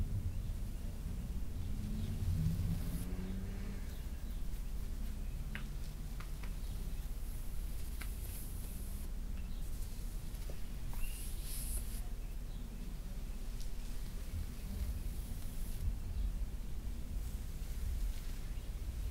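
Soft scratching and fabric rustling on a back, with a steady low rumble underneath throughout. Brighter scratchy swishes swell around nine, eleven and fifteen seconds, and small ticks and clicks are scattered through the middle, with a faint low wavering hum early on.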